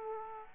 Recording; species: mosquito wingbeat signal from an infrared sensor; Aedes aegypti